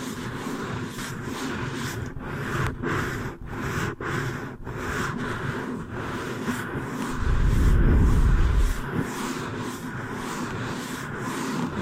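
Hair washing and brushing, with a dense, steady wash of rustling and scrubbing that runs throughout. Several brief breaks flicker through between two and five seconds, and a low, rumbling swell builds around seven to nine seconds, the loudest stretch.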